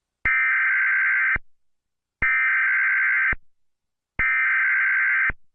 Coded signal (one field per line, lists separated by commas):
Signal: Emergency Alert System (SAME) tones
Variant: header bursts